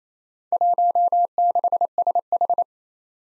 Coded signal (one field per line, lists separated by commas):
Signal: Morse code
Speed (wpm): 29 wpm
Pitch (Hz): 700 Hz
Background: none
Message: 16SH